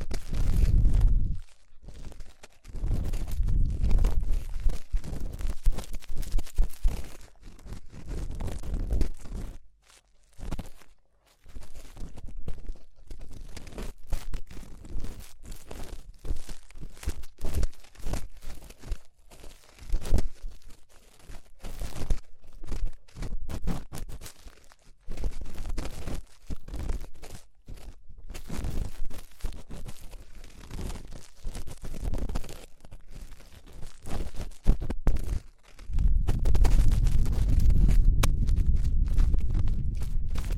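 Ear cleaning sounds made up of dense, rapid crackling and scratching that continues almost without pause. Low thumps and rubbing swell near the start and again in the last five seconds, with a brief quieter gap around ten seconds.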